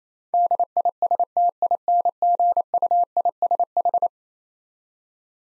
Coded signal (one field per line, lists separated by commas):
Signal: Morse code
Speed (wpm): 27 wpm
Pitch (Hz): 700 Hz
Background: none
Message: DISTINGUISH